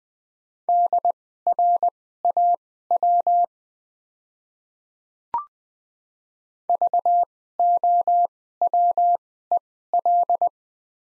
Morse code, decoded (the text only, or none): DRAW VOWEL